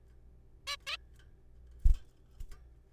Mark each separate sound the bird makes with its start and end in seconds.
0.67-0.76, 0.87-0.97